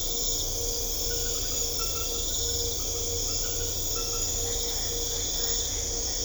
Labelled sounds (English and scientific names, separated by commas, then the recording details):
none
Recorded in secondary vegetation near Puerto Asís, Putumayo, Colombia, on 21 December 2024 at 21:00
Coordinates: 0.500, -76.326
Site G065